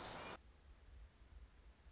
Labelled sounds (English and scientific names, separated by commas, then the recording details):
Orange-crowned Warbler (Leiothlypis celata)
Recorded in Sonoma County, California